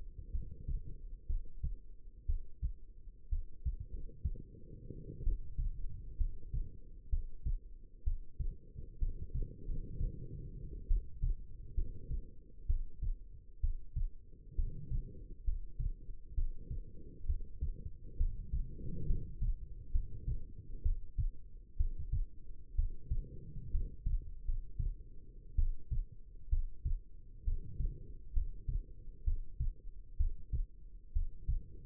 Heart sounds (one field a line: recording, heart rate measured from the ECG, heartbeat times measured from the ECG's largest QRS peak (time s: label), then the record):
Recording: heart sounds by stethoscope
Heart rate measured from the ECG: 64 bpm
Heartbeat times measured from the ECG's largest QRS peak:
0.31 s: heartbeat
1.26 s: heartbeat
2.26 s: heartbeat
3.29 s: heartbeat
3.90 s: heartbeat
5.23 s: heartbeat
6.17 s: heartbeat
7.09 s: heartbeat
8.03 s: heartbeat
8.98 s: heartbeat
9.65 s: heartbeat
10.87 s: heartbeat
11.74 s: heartbeat
12.66 s: heartbeat
13.60 s: heartbeat
14.55 s: heartbeat
15.44 s: heartbeat
16.34 s: heartbeat
17.26 s: heartbeat
18.17 s: heartbeat
19.06 s: heartbeat
19.91 s: heartbeat
20.82 s: heartbeat
21.77 s: heartbeat
22.75 s: heartbeat
23.71 s: heartbeat
24.44 s: heartbeat
25.55 s: heartbeat
26.49 s: heartbeat
27.44 s: heartbeat
28.33 s: heartbeat
29.24 s: heartbeat
30.17 s: heartbeat
31.12 s: heartbeat
From the record:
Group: healthy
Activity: rest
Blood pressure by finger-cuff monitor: 109/69 mmHg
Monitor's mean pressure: 82 mmHg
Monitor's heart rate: 63 bpm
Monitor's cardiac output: 5.3 L/min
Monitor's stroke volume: 82 mL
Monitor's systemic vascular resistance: 1120 dyn s/cm5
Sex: female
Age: 22 years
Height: 171 cm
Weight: 65.6 kg